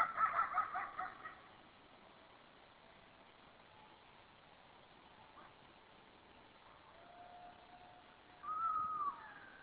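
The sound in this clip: Coyote yips in a quick pulsed burst at the start, then near silence, followed by a long faint steady tone and a brief howl near the end.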